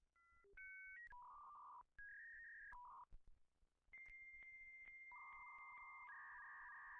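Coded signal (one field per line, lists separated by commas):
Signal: dial-up modem handshake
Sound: quick dialing beeps, short steady tones, a high answer tone, then warbling two-tone data chirps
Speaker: So that is how people connect to the internet from the early 90s to even the early 2000s.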